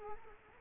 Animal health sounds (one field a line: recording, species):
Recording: mosquito wingbeat signal from an infrared sensor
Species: Culex quinquefasciatus